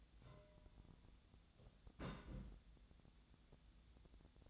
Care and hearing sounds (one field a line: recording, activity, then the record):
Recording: daily activity, microphone in the room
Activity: place on stove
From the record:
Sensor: 3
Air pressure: 1010.0 hPa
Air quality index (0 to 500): 186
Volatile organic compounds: 13 ppm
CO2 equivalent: 2422 ppm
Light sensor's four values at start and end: 42/105/45/49 and 42/106/45/49